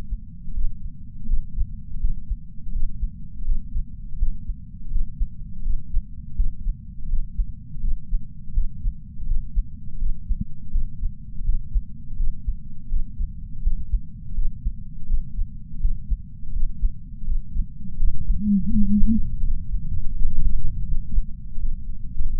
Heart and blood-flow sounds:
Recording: heart sounds by patch sensor on the chest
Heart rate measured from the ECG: 83 bpm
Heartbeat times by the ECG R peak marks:
0.54 s: heartbeat
1.26 s: heartbeat
2.00 s: heartbeat
2.73 s: heartbeat
3.45 s: heartbeat
4.18 s: heartbeat
4.91 s: heartbeat
5.63 s: heartbeat
6.36 s: heartbeat
7.09 s: heartbeat
7.81 s: heartbeat
8.54 s: heartbeat
9.27 s: heartbeat
9.99 s: heartbeat
10.71 s: heartbeat
11.45 s: heartbeat
12.17 s: heartbeat
12.89 s: heartbeat
13.63 s: heartbeat
14.35 s: heartbeat
15.07 s: heartbeat
15.81 s: heartbeat
16.53 s: heartbeat
17.25 s: heartbeat
17.98 s: heartbeat
18.71 s: heartbeat
19.43 s: heartbeat
20.15 s: heartbeat
20.87 s: heartbeat
21.58 s: heartbeat
22.30 s: heartbeat
From the record:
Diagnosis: coronary artery disease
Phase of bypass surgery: postoperative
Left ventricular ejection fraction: 56.8%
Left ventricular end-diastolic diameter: 44 mm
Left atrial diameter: 32 mm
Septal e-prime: 5.7 cm/s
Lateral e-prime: 6.1 cm/s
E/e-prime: 10.2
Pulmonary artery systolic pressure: 32 mmHg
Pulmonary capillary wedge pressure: 12 mmHg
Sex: male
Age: 65 years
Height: 165 cm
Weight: 60 kg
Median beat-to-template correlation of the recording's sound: 0.87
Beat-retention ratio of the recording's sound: 1.00

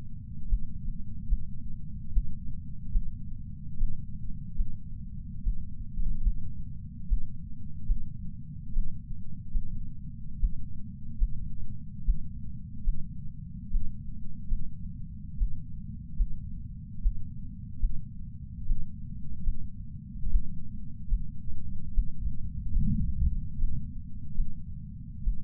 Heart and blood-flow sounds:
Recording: heart sounds by patch sensor on the chest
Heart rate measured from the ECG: 73 bpm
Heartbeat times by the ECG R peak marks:
0.49 s: heartbeat
1.28 s: heartbeat
2.13 s: heartbeat
2.92 s: heartbeat
3.78 s: heartbeat
4.56 s: heartbeat
5.43 s: heartbeat
6.22 s: heartbeat
7.08 s: heartbeat
7.86 s: heartbeat
8.73 s: heartbeat
9.52 s: heartbeat
10.39 s: heartbeat
11.18 s: heartbeat
12.05 s: heartbeat
12.84 s: heartbeat
13.71 s: heartbeat
14.48 s: heartbeat
15.37 s: heartbeat
16.16 s: heartbeat
17.02 s: heartbeat
17.80 s: heartbeat
18.66 s: heartbeat
19.44 s: heartbeat
20.30 s: heartbeat
21.08 s: heartbeat
21.94 s: heartbeat
22.72 s: heartbeat
23.58 s: heartbeat
24.35 s: heartbeat
25.23 s: heartbeat
From the record:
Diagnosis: coronary artery disease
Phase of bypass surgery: preoperative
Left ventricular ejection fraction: 64%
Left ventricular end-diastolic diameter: 54 mm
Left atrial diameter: 40 mm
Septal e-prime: 6.2 cm/s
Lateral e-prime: 8 cm/s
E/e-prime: 10.7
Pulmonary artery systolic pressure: 24 mmHg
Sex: male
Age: 75 years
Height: 178 cm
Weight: 85 kg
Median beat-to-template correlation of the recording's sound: 0.83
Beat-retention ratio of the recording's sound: 0.94

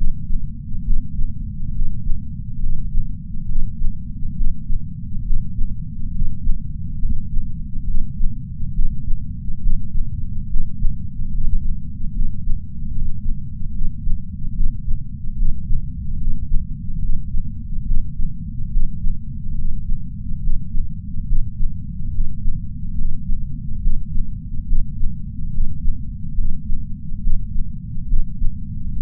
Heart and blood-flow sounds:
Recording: heart sounds by patch sensor on the chest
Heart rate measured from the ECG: 70 bpm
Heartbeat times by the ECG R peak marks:
0.83 s: heartbeat
1.73 s: heartbeat
2.60 s: heartbeat
3.46 s: heartbeat
4.34 s: heartbeat
5.23 s: heartbeat
6.12 s: heartbeat
7.00 s: heartbeat
7.85 s: heartbeat
8.72 s: heartbeat
9.60 s: heartbeat
10.47 s: heartbeat
11.31 s: heartbeat
12.12 s: heartbeat
12.92 s: heartbeat
13.72 s: heartbeat
14.53 s: heartbeat
15.36 s: heartbeat
16.18 s: heartbeat
17.00 s: heartbeat
17.84 s: heartbeat
18.70 s: heartbeat
19.56 s: heartbeat
20.40 s: heartbeat
21.26 s: heartbeat
22.11 s: heartbeat
22.95 s: heartbeat
23.80 s: heartbeat
24.66 s: heartbeat
25.51 s: heartbeat
26.35 s: heartbeat
27.20 s: heartbeat
28.07 s: heartbeat
28.93 s: heartbeat
From the record:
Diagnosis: coronary artery disease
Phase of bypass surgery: preoperative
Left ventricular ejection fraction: 60.7%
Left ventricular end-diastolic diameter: 49 mm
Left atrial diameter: 38 mm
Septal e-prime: 7.7 cm/s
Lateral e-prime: 8.9 cm/s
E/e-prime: 8.7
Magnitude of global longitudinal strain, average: 16.3%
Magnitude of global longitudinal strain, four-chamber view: 16.1%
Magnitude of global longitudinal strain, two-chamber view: 16.3%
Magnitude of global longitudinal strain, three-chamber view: 16.5%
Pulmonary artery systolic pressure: 21 mmHg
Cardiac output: 4.8 L/min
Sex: male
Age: 58 years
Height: 170 cm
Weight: 80 kg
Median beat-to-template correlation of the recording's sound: 0.88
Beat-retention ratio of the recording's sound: 1.00

